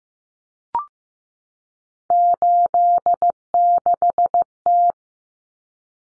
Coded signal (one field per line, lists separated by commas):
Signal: Morse code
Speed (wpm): 15 wpm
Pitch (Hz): 700 Hz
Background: none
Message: 86T